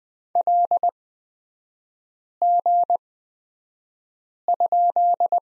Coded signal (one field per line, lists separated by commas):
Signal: Morse code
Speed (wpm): 20 wpm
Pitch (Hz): 700 Hz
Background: none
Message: LG?